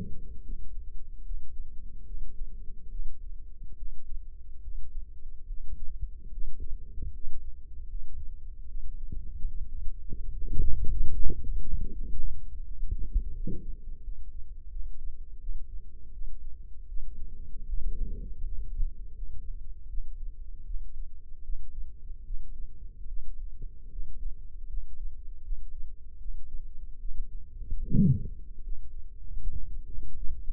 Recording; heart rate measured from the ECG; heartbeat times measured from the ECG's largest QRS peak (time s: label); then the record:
heart sounds by microphone in the left ear; 77 bpm
0.42 s: heartbeat
1.23 s: heartbeat
2.04 s: heartbeat
2.89 s: heartbeat
3.75 s: heartbeat
4.61 s: heartbeat
5.46 s: heartbeat
6.30 s: heartbeat
7.11 s: heartbeat
7.87 s: heartbeat
8.66 s: heartbeat
9.47 s: heartbeat
10.30 s: heartbeat
11.13 s: heartbeat
11.90 s: heartbeat
12.62 s: heartbeat
13.33 s: heartbeat
14.01 s: heartbeat
14.69 s: heartbeat
15.39 s: heartbeat
16.11 s: heartbeat
16.86 s: heartbeat
17.66 s: heartbeat
18.42 s: heartbeat
19.13 s: heartbeat
19.87 s: heartbeat
20.64 s: heartbeat
21.43 s: heartbeat
22.23 s: heartbeat
23.06 s: heartbeat
23.90 s: heartbeat
24.67 s: heartbeat
25.42 s: heartbeat
26.18 s: heartbeat
26.98 s: heartbeat
27.84 s: heartbeat
28.61 s: heartbeat
29.38 s: heartbeat
30.14 s: heartbeat
From the record:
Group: healthy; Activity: rest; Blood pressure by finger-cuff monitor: 110/71 mmHg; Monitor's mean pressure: 85 mmHg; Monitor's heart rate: 75 bpm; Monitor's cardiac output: 5.8 L/min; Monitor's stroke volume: 77 mL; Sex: male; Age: 35 years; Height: 178 cm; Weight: 64 kg